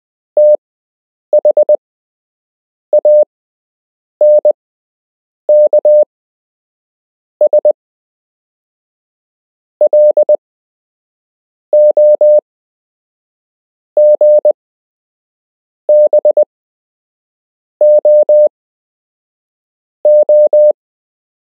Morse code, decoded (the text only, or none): THANKS LO GBO O